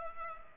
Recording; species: mosquito wingbeat signal from an infrared sensor; Culex pipiens